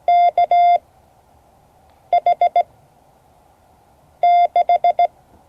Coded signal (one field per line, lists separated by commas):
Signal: Morse code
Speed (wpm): 16 wpm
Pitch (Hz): 700 Hz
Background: none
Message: KH6